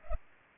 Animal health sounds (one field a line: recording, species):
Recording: mosquito wingbeat signal from an infrared sensor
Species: Culex pipiens